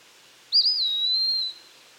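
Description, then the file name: Eastern wood pewee giving one long, pure, high whistle, quickly wavering at first and then sliding gently lower as it trails off, in quiet surroundings. "Contopus virens - Eastern Wood Pewee"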